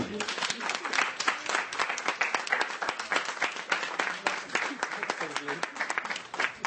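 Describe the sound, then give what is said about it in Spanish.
A burst of steady applause from a group, many hands clapping in a dense, crackling rhythm that holds at a fairly even loudness throughout, with a few voices mixed faintly underneath. “un aplauso.”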